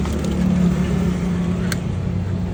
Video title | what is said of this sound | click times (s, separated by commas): ฮอนด้าข้ออ่อนแท้ทั้งชุดดูยังไง Honda UMR435 #เครื่องตัดหญ้า #กวงฮวดมอเตอร์ #ฮอนด้า | แล้วพอกดตรงนี้ลงครับนี่ปึ๊บนี่เรียบร้อยพอเข้าจะเข้าล็อคของเเองนะครับ | 1.7 s